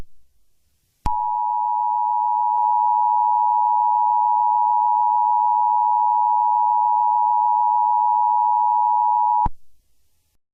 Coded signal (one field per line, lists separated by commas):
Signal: Emergency Alert System (SAME) tones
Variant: 853 and 960 Hz attention tone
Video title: EAS Scenario - The Bees (40 Subscriber Special)